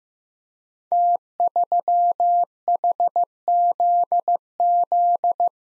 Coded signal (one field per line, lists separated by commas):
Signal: Morse code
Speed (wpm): 15 wpm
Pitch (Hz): 700 Hz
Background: none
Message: T3HZZ